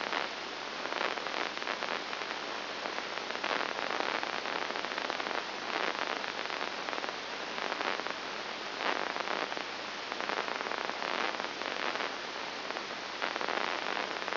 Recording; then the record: brain microelectrode recording played as sound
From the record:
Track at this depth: inside the subthalamic nucleus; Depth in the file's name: 2.903 mm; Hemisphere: left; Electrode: 2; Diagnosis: Parkinson's disease